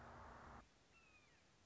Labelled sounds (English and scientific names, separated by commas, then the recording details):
Red-shouldered Hawk (Buteo lineatus)
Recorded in Sonoma County, California